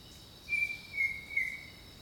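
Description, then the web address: Bird giving three whistled notes, the last slightly lower, against a continuous high-pitched insect hum. Jungle birdsong. "Echoes of Nature - Jungle Talk Jungle Birdsong"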